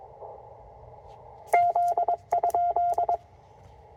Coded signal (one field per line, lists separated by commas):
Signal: Morse code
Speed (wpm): 22 wpm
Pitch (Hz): 700 Hz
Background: none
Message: Z?